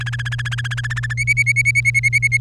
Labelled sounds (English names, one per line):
Domestic Canary song